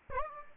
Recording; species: mosquito wingbeat signal from an infrared sensor; Aedes aegypti